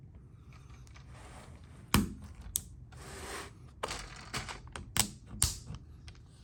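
The third magnetic peg is pressed into a sunshield hole of a Qore Performance IceCase iPad cooling case, and a flathead screwdriver is worked around its edge. Small, sharp clicks are heard at 1.9, 2.6, 3.8, 4.8 and 5.4 seconds as the peg snaps over the ridge, with low handling noise between them. The peg ends up seated.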